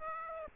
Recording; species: mosquito wingbeat signal from an infrared sensor; Aedes aegypti